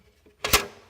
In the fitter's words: door works really nicely it snaps into place just click